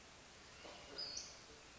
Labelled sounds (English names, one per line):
Western Flycatcher